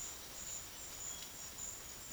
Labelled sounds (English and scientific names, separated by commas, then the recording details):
none
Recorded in secondary vegetation near Puerto Asís, Putumayo, Colombia, on 24 June 2025 at 12:00
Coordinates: 0.500, -76.326
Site GP08